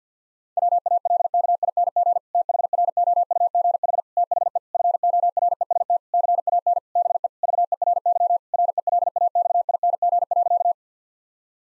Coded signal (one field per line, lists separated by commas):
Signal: Morse code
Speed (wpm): 50 wpm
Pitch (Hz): 700 Hz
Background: none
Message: WALKING THROUGH THE FOREST CAN BE VERY RELAXING.